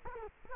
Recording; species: mosquito wingbeat signal from an infrared sensor; Culex quinquefasciatus